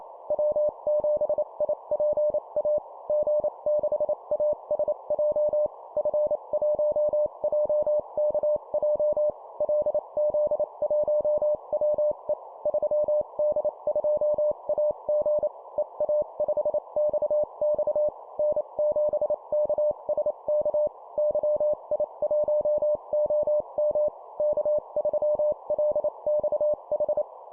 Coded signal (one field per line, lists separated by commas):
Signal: Morse code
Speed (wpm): 28 wpm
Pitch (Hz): 600 Hz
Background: none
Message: W7IPA G6ASJ F1JKJ LZ1WE 3D2AG EA5XX N7KSK YI1OM K3LXH